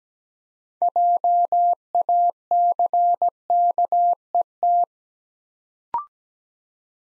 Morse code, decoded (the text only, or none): JACKET